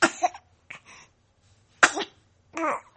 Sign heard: Baby Cough.